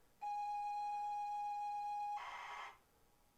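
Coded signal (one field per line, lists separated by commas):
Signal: ZX Spectrum tape loading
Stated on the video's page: ZX Spectrum +2 loading games from tape, with mixed results.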